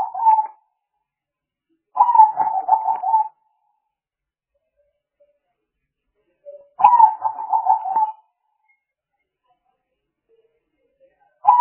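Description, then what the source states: Spotted dove with vibrating, pulsed coo phrases spaced a few seconds apart, silence filling the intervals. Spotted dove calls used as a lure (pikat) to attract the birds.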